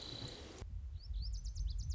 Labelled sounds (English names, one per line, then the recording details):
Lazuli Bunting
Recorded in Sonoma County, California